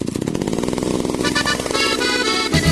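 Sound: chainsaw running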